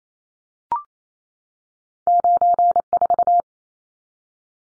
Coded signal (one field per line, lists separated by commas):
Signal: Morse code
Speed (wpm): 28 wpm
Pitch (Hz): 700 Hz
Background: none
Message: 94